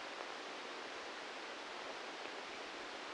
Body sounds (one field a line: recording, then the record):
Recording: brain microelectrode recording played as sound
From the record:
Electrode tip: inside the subthalamic nucleus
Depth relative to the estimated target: 1 mm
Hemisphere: right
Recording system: NeuroSet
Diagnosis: Parkinson's disease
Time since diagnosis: 7 years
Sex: male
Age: 44 years